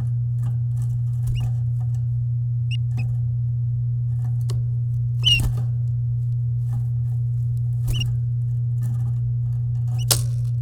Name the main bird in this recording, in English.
Domestic Canary